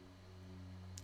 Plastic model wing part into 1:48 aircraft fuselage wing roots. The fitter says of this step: of the wing rots um it all just snaps into place